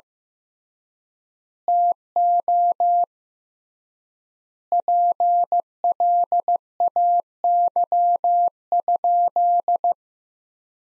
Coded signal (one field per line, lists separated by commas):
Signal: Morse code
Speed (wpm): 15 wpm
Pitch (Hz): 700 Hz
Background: none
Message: TO PLAY?